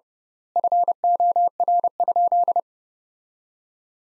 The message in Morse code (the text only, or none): FOR?